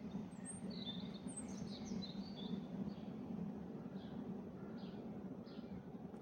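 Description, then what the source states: Birds in a dawn chorus: scattered high chirps and brief whistled notes over a continuous low background hum. Dawn chorus recorded in 2024.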